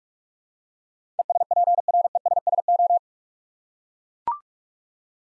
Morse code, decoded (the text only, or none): ESPRESSO